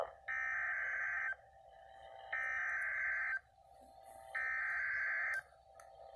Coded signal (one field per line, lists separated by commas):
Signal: Emergency Alert System (SAME) tones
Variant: header bursts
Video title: EAS Alert #063. Severe Thunderstorm Warning.